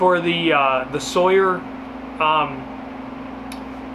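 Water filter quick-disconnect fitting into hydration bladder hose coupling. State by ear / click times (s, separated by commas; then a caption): not seated / none. Someone talks while pushing a Sawyer water filter's plastic quick-disconnect fitting into the own quick-disconnect coupling on a two-liter CamelBak hydration bladder's hose, over a steady low hum, with one brief sharp tick near 3.5 seconds. The fit is close, but nothing has clicked into place, so the fitting can only be held in by hand.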